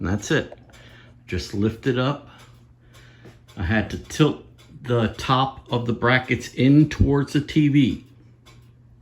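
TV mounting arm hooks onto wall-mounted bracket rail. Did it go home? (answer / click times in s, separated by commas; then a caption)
no / none. A TV's mounting arms, with the tops of the brackets tilted in toward the TV, are handled as the TV is about to be lifted onto a wall-mounted bracket rail while someone talks throughout. Nothing has seated or clicked onto the bracket yet.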